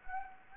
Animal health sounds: mosquito wingbeat signal from an infrared sensor; Anopheles gambiae

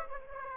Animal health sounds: mosquito wingbeat signal from an infrared sensor; Aedes aegypti

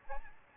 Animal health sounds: mosquito wingbeat signal from an infrared sensor; Aedes albopictus

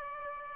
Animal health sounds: mosquito wingbeat signal from an infrared sensor; Aedes albopictus

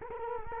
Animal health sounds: mosquito wingbeat signal from an infrared sensor; Culex quinquefasciatus

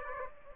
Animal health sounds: mosquito wingbeat signal from an infrared sensor; Aedes aegypti

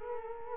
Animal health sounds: mosquito wingbeat signal from an infrared sensor; Culex quinquefasciatus

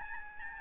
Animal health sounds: mosquito wingbeat signal from an infrared sensor; Aedes albopictus

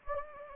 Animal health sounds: mosquito wingbeat signal from an infrared sensor; Anopheles gambiae

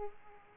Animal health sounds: mosquito wingbeat signal from an infrared sensor; Aedes aegypti

